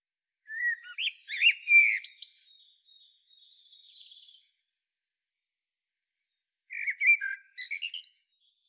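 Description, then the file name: Common blackbird singing two phrases of mellow, varied whistles, each followed by soft high twittering, with a long quiet gap between them. "Turdus merula"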